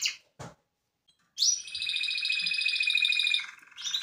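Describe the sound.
Canary song: a couple of short notes, a pause, then a long steady buzzy trill that drops lower before rising again.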